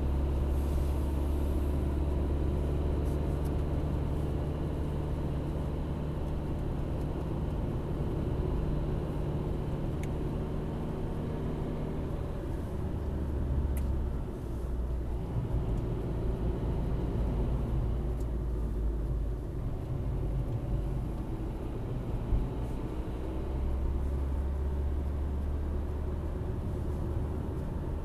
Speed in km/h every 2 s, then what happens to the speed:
55, 56, 57, 57, 57, 56, 48, 44, 43, 39, 44, 48, 59, 59.
0-9 steady at about 57. 9-19 slows to 39. 19-24 speeds up to 59.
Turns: none.